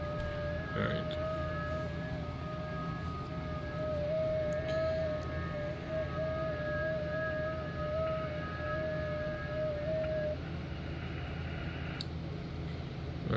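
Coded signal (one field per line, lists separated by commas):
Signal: FT8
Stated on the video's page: FT8 on a Xiegu X6100 running 5 W on battery power.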